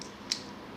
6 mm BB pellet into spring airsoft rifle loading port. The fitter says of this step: Hai seperti ini itu sudah dapat ya ini kalau dimasukin bunyi tok